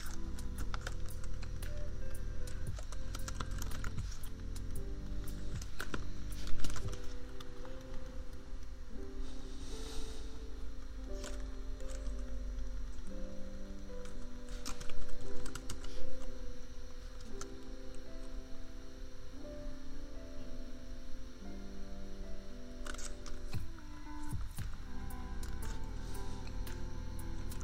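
Keyboard tapping clicks away steadily throughout, with small bursts of faster keystrokes. Underneath, a lofi beat moves through mellow low chords that shift every second or so, over a constant laptop fan hum. Louder thumps stand out near 7 and 15 seconds.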